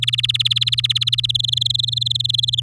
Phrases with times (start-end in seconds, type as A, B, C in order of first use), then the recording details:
0.02-1.26 A, 1.29-2.60 B. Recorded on 7 May 2018 at 11:52. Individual llb16